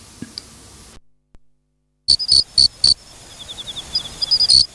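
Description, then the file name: Mori-okame cricket gives a short series of sharp, high chirps after a brief silent gap, with a soft, high ticking trill continuing behind. "moriokamekourogi"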